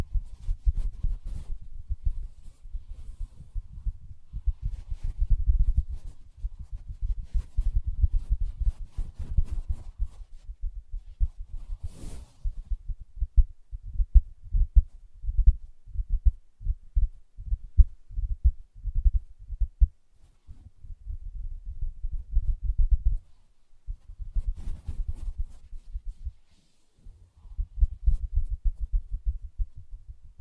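Soft tapping and scratching on a fabric surface, mostly dull low thumps in quick irregular bursts with short pauses near 20 and 26 seconds. A brighter scrape stands out around 12 seconds, and faint rustling flickers above the muffled taps throughout.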